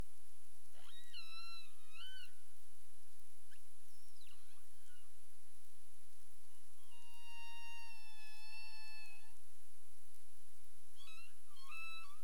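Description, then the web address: Humpback whale calls: several harmonic, whistle-like units, some wavering, one long steady tone near the middle, separated by gaps, over steady underwater background hiss. Caribbean; 27 April 2035, 22:53 UTC. "humpback whale 20350427 225331 UTC"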